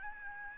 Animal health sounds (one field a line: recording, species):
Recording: mosquito wingbeat signal from an infrared sensor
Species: Aedes albopictus